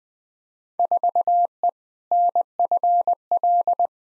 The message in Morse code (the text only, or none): 4E NFL